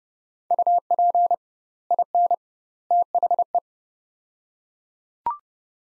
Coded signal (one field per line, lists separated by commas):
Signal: Morse code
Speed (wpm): 30 wpm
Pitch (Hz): 700 Hz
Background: none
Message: UP IN THE